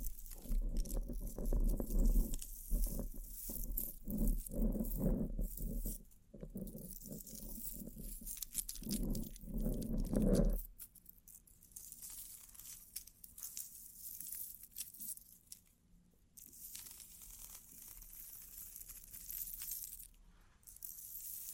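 Bling bling triggers: jewelry and small metal pieces clink, crinkle and tap in busy, irregular bursts with a low thud underneath for the first ten seconds. After that the handling turns lighter and sparser, with soft bright rustles, a faint steady hum and scattered quiet taps.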